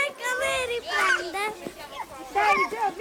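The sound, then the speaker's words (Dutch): Young toddlers playing outdoors on a grass field around a simple rectangular building at the edge of a village, where the sun regularly shines, with high, excited voices chattering, squealing and calling out in overlapping bursts that rise and fall over a few seconds. “Want de zon schijnt hier regelmatig, dus zelfs de jongste peuters kunnen de meeste tijd lekker buiten spelen.”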